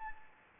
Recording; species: mosquito wingbeat signal from an infrared sensor; Anopheles gambiae